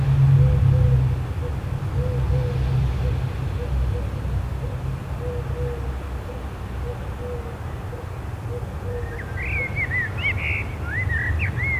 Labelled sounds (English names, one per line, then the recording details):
Common Blackbird song
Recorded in the wild
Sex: male
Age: adult
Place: Bielefeld-Mitte, Nordrhein-Westfalen, DE
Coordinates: 52.0081, 8.54694
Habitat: residential district
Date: 1972-06-21
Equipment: Uher 4200 Report Stereo, Bändchenmikro Beyer M 260, Parabolspiegel Polyester (600 mm)
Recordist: Conrads, Klaus